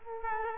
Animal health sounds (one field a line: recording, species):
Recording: mosquito wingbeat signal from an infrared sensor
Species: Culex quinquefasciatus